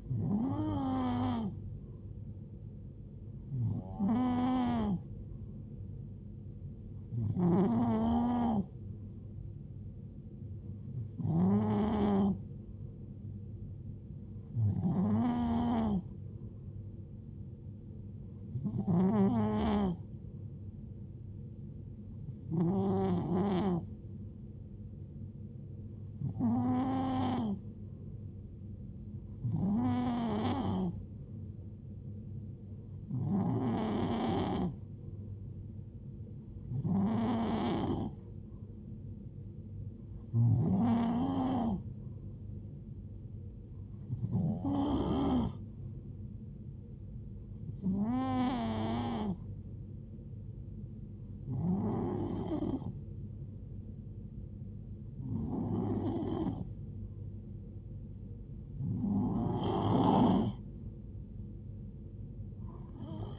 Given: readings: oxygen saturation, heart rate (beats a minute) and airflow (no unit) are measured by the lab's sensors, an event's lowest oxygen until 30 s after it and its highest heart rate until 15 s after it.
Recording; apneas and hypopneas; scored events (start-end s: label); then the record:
breathing in sleep by a smartphone at the bedside; none
34.00-63.39 s: new sleep stage, N3 (deep sleep)
From the record:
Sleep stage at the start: N2 (light sleep); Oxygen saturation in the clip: 91 to 92%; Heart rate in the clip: 69 to 76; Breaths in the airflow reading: 17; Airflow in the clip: -4.2 to 2.6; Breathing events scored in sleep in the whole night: 389 in 6.3 hours asleep